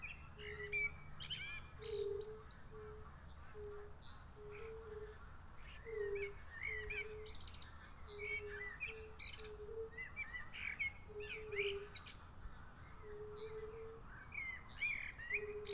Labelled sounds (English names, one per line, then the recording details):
Fire-Bellied Toad call
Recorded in the wild
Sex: male
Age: adult
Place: Bernau bei Berlin, Barnim, Brandenburg, DE
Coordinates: 52.6633, 13.6176
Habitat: pond
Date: 2018-04-18 20:34
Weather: 20°C, clear, almost windless
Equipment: Zoom H4nSP
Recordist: Frommolt, Karl-Heinz